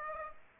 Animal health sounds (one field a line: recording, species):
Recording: mosquito wingbeat signal from an infrared sensor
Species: Aedes aegypti